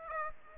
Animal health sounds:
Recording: mosquito wingbeat signal from an infrared sensor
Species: Aedes aegypti

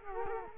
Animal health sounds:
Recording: mosquito wingbeat signal from an infrared sensor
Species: Culex quinquefasciatus

